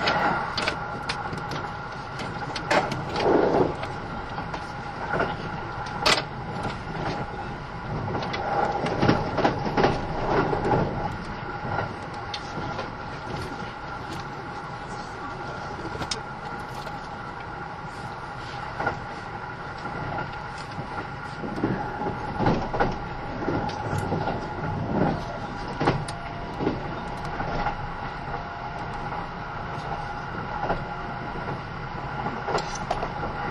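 Onboard a Kintetsu 80000 series Hinotori express train running from Kintetsu Nagoya toward Isuzugawa. A steady low rumble and hum persist throughout, with sustained tonal whines, and frequent short clicks and knocks scattered across the clip, clustering around the third, ninth to eleventh, and twenty-second to twenty-fifth seconds.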